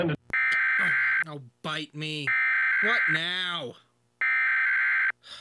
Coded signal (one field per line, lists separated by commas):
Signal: Emergency Alert System (SAME) tones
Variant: header bursts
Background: speech